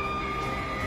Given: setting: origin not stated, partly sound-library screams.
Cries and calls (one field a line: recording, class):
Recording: one-second piece from a danger detection set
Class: woman in danger